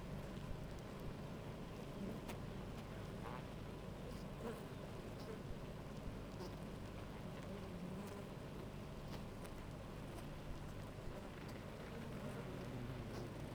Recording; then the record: honeybee colony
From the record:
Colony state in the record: active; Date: 28 July 2017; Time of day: 9:39